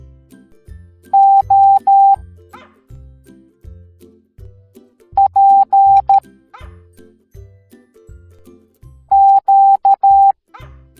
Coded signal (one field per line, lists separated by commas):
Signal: Morse code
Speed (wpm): 13 wpm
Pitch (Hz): 790 Hz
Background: music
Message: O P Q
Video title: Odie from Garfield Teaching the Morse Code Alphabet Educational Video for Kids